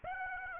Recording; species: mosquito wingbeat signal from an infrared sensor; Aedes aegypti